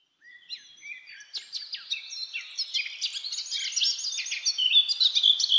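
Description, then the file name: Eurasian blackcap warbling song that starts softly and builds into faster, louder runs of repeated chirpy notes and fluty trills. "Sylvia atricapilla"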